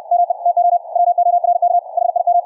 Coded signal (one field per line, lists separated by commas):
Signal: Morse code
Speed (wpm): 64 wpm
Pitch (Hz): 700 Hz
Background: none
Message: ME TO WORK HIM